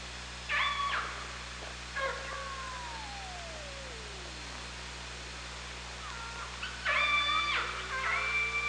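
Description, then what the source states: Killer whale pulsed calls, with a long whistle gliding slowly downward, then a rising tone leading into a loud harmonic call cluster near the end, low hum beneath. Underwater OrcaLab hydrophone at Parson Island, 24 August 2017, 18:32.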